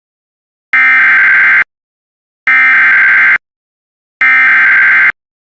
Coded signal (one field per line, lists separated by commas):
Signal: Emergency Alert System (SAME) tones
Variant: header bursts